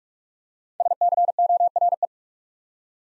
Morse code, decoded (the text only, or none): SCORE